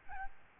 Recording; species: mosquito wingbeat signal from an infrared sensor; Aedes albopictus